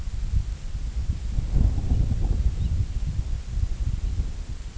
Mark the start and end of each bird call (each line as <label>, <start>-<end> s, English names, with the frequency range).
American Golden-plover (2.5-4.5 kHz), 2.58-2.71 s